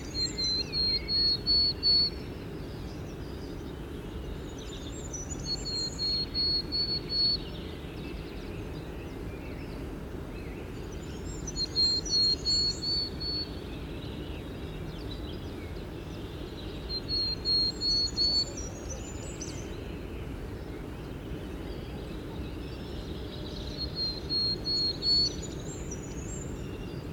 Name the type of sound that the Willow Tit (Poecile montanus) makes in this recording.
song